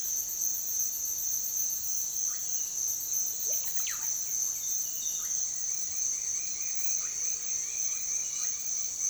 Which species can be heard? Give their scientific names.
Psarocolius angustifrons, Pachyramphus polychopterus, Dryocopus lineatus